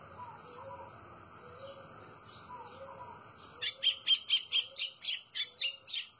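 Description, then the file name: White-throated seedeater: after soft lower whistles, a brisk series of ringing, evenly spaced chirps begins and continues to the end. "canto do golinho"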